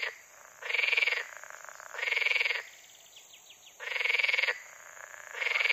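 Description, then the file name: Water frog giving loud, rattling, pulsed croaks under a second long, repeated every one and a half to two seconds, with faint chirps between some of them. "grenouille verte"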